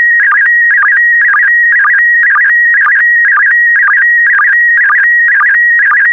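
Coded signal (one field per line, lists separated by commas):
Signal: SSTV (slow-scan television)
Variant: PD120 mode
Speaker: complete. You can now check your decoded image against the picture that is shown on the video.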